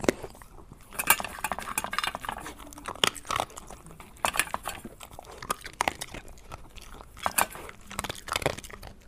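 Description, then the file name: Dog eating: irregular crunchy chewing and clinks against a bowl, with quiet gaps between bursts of biting. "eating and drinking dog"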